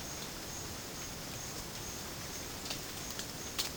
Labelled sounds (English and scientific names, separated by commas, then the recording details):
none
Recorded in pastures near Puerto Asís, Putumayo, Colombia, on 30 June 2025 at 12:30
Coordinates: 0.496, -76.326
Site GP01